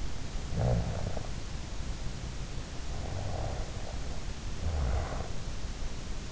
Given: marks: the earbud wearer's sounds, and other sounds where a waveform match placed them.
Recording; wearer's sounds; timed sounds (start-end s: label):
sounds in sleep by an in-ear microphone; snoring breath
0.32-1.40 s: snoring breath
3.07-5.44 s: snoring breath